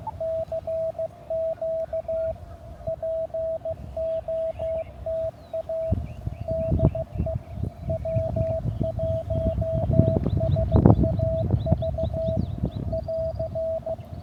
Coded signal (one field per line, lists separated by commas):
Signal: Morse code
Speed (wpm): 16 wpm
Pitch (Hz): 660 Hz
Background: radio noise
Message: CQ POTA DE W1SAV <AR>